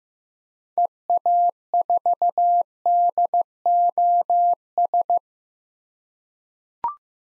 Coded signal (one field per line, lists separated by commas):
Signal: Morse code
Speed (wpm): 15 wpm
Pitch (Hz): 700 Hz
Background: none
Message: EA4DOS